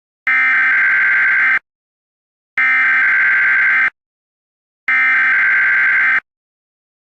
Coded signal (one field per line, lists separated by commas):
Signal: Emergency Alert System (SAME) tones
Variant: header bursts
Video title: EAS Scenario 7: Air Conditioner’s h€\_\_ Pt. 2